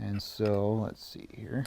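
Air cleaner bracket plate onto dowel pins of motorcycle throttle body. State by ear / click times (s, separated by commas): not seated / none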